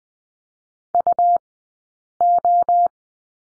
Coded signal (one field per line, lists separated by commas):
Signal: Morse code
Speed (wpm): 20 wpm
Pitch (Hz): 700 Hz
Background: none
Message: UO